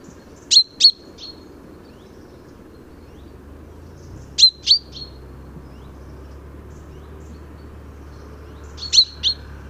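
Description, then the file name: Common chaffinch calling in short high double notes, paired calls repeated about every four seconds over a low steady background hum. "Fringilla coelebs"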